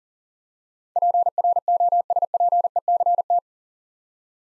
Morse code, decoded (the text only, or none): PROSPECT